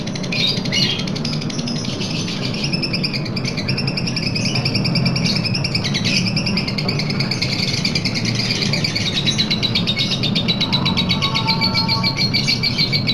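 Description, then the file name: Lovebird pouring out an unbroken, fast pulsing trill that runs through the whole stretch, with brief faint whistled notes late on and a low background hum. Long trill song style called ngekek panjang. "lovebird-ngekek-panjang-1-omkicau"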